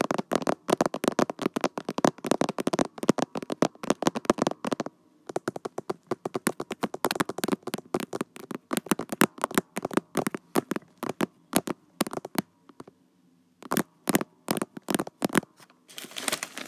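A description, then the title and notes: Crinkly snack wrappers are handled, with dense bursts of sharp crackling and rustling. The crackle comes in quick clusters, pausing briefly around five seconds and again near thirteen, with a softer rustle at the very end. I got a mic! ASMR crisps, chocolate, Bruch pop-it ect.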